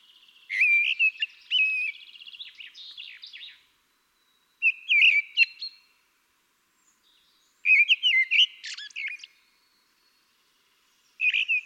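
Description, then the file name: Common blackbird singing four varied phrases of rich whistled notes with thin, squeaky flourishes, separated by brief silences; the last phrase is cut off. "Turdus merula"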